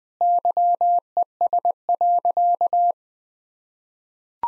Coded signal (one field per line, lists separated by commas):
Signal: Morse code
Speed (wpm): 20 wpm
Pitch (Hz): 700 Hz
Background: none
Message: YES.